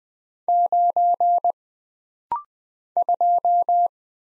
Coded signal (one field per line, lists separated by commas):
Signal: Morse code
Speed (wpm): 20 wpm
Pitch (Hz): 700 Hz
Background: none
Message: 9 2